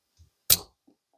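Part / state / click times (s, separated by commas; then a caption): slide cover plate into the rear of a pistol slide / seated / 0.5 s. With the extractor plunger held compressed, a metal/polymer slide cover plate is slid up into the cuts at the rear of a Glock pistol slide. A faint low handling tap comes at about 0.2 s, then a single sharp, bright click at 0.5 s as the plate seats in place, followed by a tiny tick near 0.9 s.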